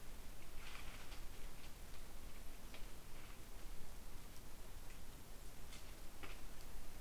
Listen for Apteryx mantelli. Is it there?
no